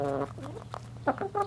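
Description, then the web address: Chicken hen giving a held nasal note followed by several short, soft, irregular clucks. Highliner Brown hen clucking. "Sound Effects-Foundation 1 BIRD CHICKEN HIGHLINER BROWN CLUCK"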